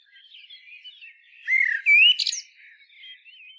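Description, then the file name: Common blackbird song: quiet warbling leading into a loud rich fluted phrase that ends in a high squeaky flourish, then soft notes again. "Turdus merula"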